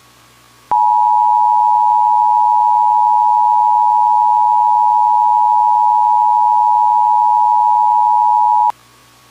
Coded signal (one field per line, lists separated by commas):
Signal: Emergency Alert System (SAME) tones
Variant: 853 and 960 Hz attention tone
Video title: EAS Gift - A Demon's Playdate